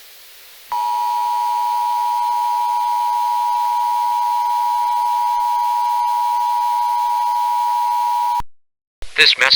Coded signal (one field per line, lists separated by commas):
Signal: Emergency Alert System (SAME) tones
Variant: 853 and 960 Hz attention tone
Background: speech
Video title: EAS Scenario - Lights Out - 20 Subscriber Special!